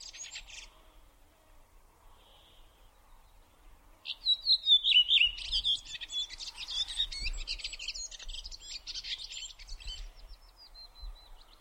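Bird song: a short high burst, a few seconds of quiet background, then a falling whistled phrase and a long run of rapid buzzy chattering notes.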